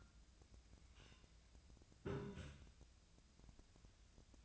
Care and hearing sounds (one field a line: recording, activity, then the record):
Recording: daily activity, microphone in the room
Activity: take from stove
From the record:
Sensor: 2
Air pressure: 1009.8 hPa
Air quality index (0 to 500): 181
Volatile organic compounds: 11 ppm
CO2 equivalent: 2267 ppm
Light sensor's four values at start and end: 32/79/34/38 and 32/78/34/38